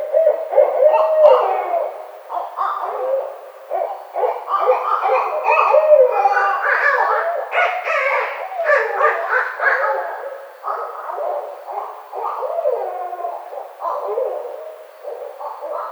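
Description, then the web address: Barred owl calls run wildly almost without pause, loud wavering hoots, whoops and cackles that rise and fall. Recorded 29 May 2009. "Barred Owl 2009 05 29 Barred Owl"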